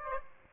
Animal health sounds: mosquito wingbeat signal from an infrared sensor; Aedes aegypti

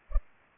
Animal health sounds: mosquito wingbeat signal from an infrared sensor; Culex pipiens

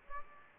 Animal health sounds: mosquito wingbeat signal from an infrared sensor; Aedes aegypti

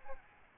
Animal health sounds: mosquito wingbeat signal from an infrared sensor; Aedes albopictus

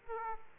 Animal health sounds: mosquito wingbeat signal from an infrared sensor; Aedes aegypti

